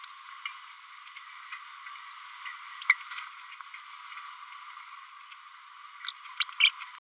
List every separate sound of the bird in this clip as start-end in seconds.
0.04-0.11, 2.89-2.94, 6.08-6.12, 6.40-6.45, 6.59-6.70